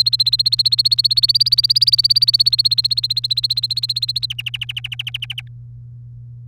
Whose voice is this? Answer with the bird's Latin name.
Serinus canaria